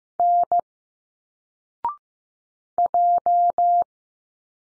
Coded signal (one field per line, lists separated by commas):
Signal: Morse code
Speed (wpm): 15 wpm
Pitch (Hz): 700 Hz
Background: none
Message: N J